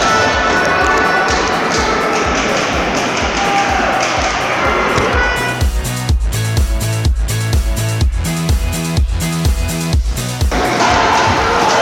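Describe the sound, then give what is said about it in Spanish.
A dense, loud roar of the crowd at a wheelchair basketball match, a European Cup quarter-final between Unión and Besiktas, fills the first half. It gives way to a steady run of heavy rhythmic thumps and bounces before the crowd noise swells back. “Oigan rugir al público.”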